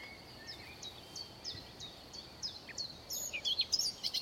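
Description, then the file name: Eurasian blackcap song: thin, evenly repeated ticks, then a brisk, varied warble of bright notes over the last second or so. "Sylvia atricapilla"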